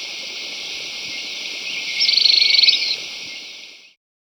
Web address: Natures Songs S America Birds of Ecuador Tufted Tit-Tyrant